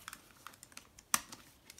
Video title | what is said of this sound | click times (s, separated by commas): Car Seat Q&A Sessions Part 1, Axkid Minikid | I'll just do it one more time so it should just you hold it with one hand hold the buckle with the other and just push down with your thumb until it clicks | 1.1 s